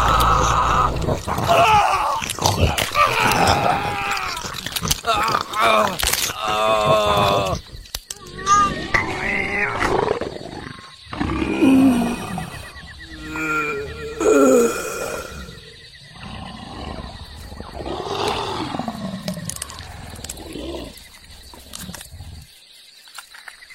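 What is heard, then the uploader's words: Sound-effect storytelling: a run of growls, roars and animal cries, some sharp bangs early on, trailing off into near silence. Storytelling using only sound effects.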